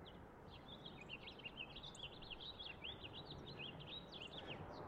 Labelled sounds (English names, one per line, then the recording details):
House Finch song
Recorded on Long Island, New York, on 30 March 2011
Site LB
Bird A